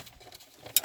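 A screwdriver releases the second side of the driver airbag module in the steering wheel of a 2003 B5. After faint low rustling, a sharp pop sounds at 0.8 s as the second airbag clip pops out, and the airbag is released.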